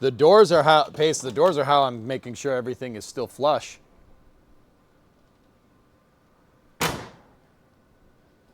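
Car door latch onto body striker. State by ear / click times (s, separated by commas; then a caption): seated / 6.8 s. Someone talks, then a door on a 1969 sedan under restoration is shut to check panel fit after the quarter panel work, and a single sharp latch hit sounds at 6.8 s as the car door latch catches onto the body striker. The door closes without hitting the striker and only the latch mechanism is heard, which shows the body is still straight and the door is seated.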